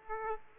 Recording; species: mosquito wingbeat signal from an infrared sensor; Aedes aegypti